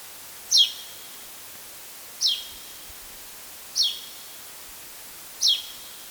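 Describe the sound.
Spanish sparrow giving four sharp, high, downward-sweeping chirps, roughly every one and a half seconds, against faint background noise.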